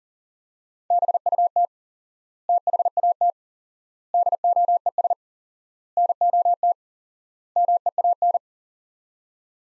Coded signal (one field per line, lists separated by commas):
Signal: Morse code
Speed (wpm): 40 wpm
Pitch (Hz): 700 Hz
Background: none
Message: BUT THAT DOES NOT MEAN